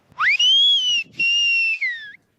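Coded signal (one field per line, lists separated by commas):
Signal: whistled language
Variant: Amazigh whistled speech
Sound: two short loud gliding whistles rising, holding high, then falling, outdoors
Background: faint low rumble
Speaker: This shepherd just asked his son to gather the rest of the herd, for in these high-pitched notes hides a centuries old language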